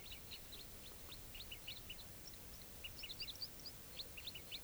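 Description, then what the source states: Crossbill flight calls, many short sharp chip notes from several birds overlapping in quick bursts, with a low steady rumble of background noise. Quite a few wild crossbills flying over and moving from one grove to another without stopping.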